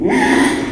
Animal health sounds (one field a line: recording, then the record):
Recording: squeal of a Yucatan mini pig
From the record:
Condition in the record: after surgery on the right vocal fold (resection and tissue-engineered implant)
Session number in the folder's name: 4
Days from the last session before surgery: 42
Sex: male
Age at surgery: 12 weeks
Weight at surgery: 13 kg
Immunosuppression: cyclosporine, prednisolone